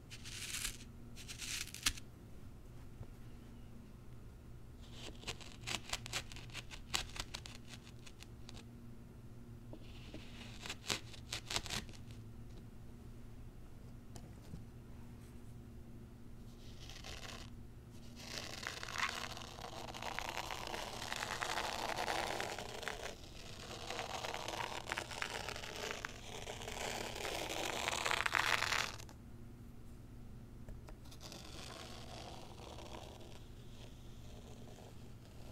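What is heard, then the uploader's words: Unboxing a zen garden: crinkling, rustling handling sounds come in bursts over a steady low hum. Sharp clicks and scrapes cluster around 1–2, 5–12 seconds, then denser scratchy rustling fills 18–29 seconds before quieting toward the end. ASMR Icnbuys Zen Garden Unboxing No Talking.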